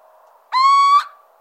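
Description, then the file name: Little owl giving a single clear, harmonic whistled call lasting about half a second, steady and slightly rising in pitch, against a quiet background. "Chouette cheveche"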